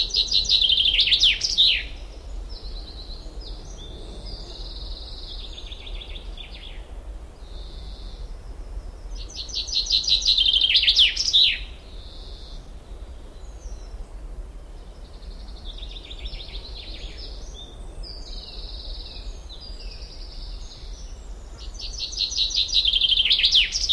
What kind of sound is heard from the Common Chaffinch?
song